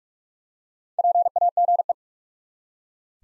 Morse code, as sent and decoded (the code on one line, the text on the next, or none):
.--. .- --. .
PAGE